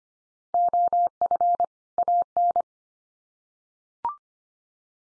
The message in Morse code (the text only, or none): OF AN